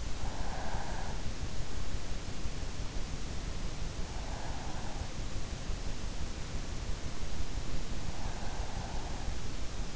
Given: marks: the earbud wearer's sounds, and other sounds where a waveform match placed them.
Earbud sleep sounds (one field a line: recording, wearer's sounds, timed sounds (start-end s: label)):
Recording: sounds in sleep by an in-ear microphone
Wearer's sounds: breath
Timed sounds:
0.00-1.48 s: breath
3.88-5.71 s: breath
8.11-9.43 s: breath